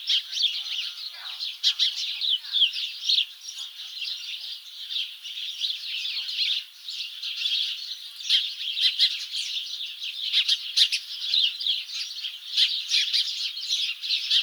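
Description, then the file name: House sparrows chattering in a flock, bursts of overlapping chirps rising and falling in intensity, with short louder flurries scattered throughout. "Passer domesticus"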